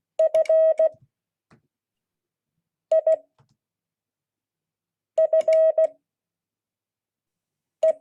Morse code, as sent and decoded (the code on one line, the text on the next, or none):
..-. .. ..-. .
FIFE